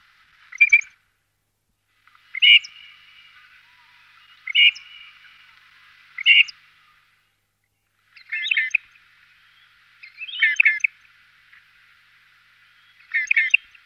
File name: Sorokoput seryy